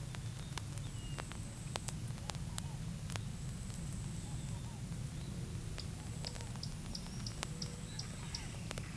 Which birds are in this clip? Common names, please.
none